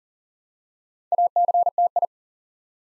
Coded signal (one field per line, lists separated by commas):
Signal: Morse code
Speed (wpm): 38 wpm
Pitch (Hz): 700 Hz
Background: none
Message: ACTI